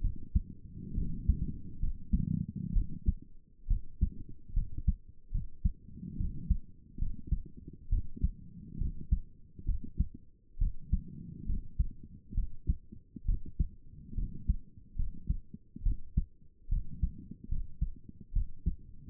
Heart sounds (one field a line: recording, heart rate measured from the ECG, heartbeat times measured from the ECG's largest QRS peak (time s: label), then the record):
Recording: heart sounds by stethoscope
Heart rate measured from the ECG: 69 bpm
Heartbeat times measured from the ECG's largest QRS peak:
0.01 s: heartbeat
0.95 s: heartbeat
1.80 s: heartbeat
2.73 s: heartbeat
3.68 s: heartbeat
4.54 s: heartbeat
5.32 s: heartbeat
6.17 s: heartbeat
6.99 s: heartbeat
7.89 s: heartbeat
8.78 s: heartbeat
9.65 s: heartbeat
10.58 s: heartbeat
11.46 s: heartbeat
12.34 s: heartbeat
13.25 s: heartbeat
14.15 s: heartbeat
14.96 s: heartbeat
15.83 s: heartbeat
16.69 s: heartbeat
17.48 s: heartbeat
18.33 s: heartbeat
From the record:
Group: healthy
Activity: rest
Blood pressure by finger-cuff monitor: 133/72 mmHg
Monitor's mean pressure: 92 mmHg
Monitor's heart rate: 69 bpm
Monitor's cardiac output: 6.8 L/min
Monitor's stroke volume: 100 mL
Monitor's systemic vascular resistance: 1050 dyn s/cm5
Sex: female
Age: 22 years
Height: 154 cm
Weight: 58.7 kg